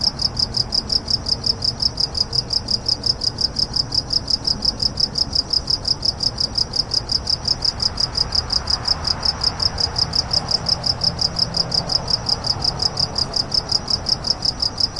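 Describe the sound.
Cricket gives a continuous series of sharp, high chirps, steady throughout, with quiet rumbling noise below.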